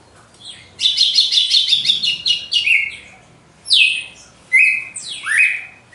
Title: Canto Galo Campina Fêmea. GALO DE CAMPINA DEPOIS DA MUDA (disputa)